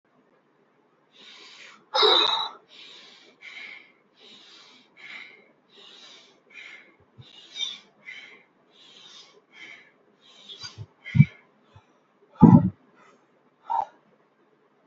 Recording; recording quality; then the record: shallow breathing; excellent, no background noise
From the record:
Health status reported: healthy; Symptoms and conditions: muscle pain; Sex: male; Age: 24 years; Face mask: worn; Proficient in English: yes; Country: India